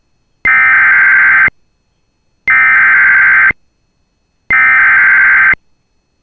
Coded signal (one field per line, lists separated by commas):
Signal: Emergency Alert System (SAME) tones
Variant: header bursts